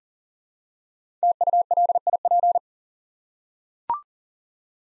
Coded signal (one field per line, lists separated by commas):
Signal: Morse code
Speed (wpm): 40 wpm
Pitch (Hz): 700 Hz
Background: none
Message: TULIP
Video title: Easy Words with Hints - 40wpm